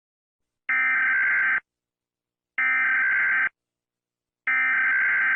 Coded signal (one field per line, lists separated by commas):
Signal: Emergency Alert System (SAME) tones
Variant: header bursts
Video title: EAS Scenario - The Happy Bear (PART 7 - FINAL) Collaboration with @pierosebastiani-eas